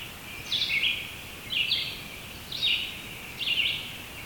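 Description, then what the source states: Red-eyed Vireo song: short whistled phrases repeated about once a second, each phrase slurred and varied, with steady background hiss. Recording dominated by red-eyed vireos.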